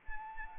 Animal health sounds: mosquito wingbeat signal from an infrared sensor; Anopheles arabiensis

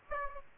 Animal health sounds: mosquito wingbeat signal from an infrared sensor; Aedes aegypti

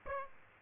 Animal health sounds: mosquito wingbeat signal from an infrared sensor; Aedes aegypti

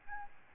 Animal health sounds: mosquito wingbeat signal from an infrared sensor; Aedes albopictus

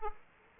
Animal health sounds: mosquito wingbeat signal from an infrared sensor; Aedes aegypti

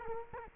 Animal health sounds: mosquito wingbeat signal from an infrared sensor; Culex quinquefasciatus

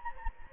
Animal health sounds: mosquito wingbeat signal from an infrared sensor; Anopheles gambiae

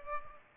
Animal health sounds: mosquito wingbeat signal from an infrared sensor; Culex pipiens

